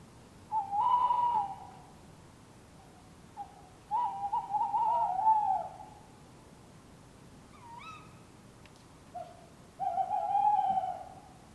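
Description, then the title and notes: Tawny owls exchanging calls: several sustained tremulous hoots and a sharp rising call, repeated over about ten seconds. Two tawny owls calling in an urban setting in Surrey, England; recorded from a bedroom window with a Sony D100. "Urban Tawny Owls. Couple of Tawny Owls calling, Surrey, England"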